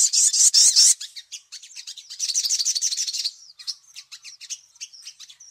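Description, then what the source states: Little spiderhunter song: a loud, harsh high trill at first, then softer notes, a louder chattering series of sharp chirps, and scattered notes to the end. "Labaik" song variety; used as a tutor to teach songbirds.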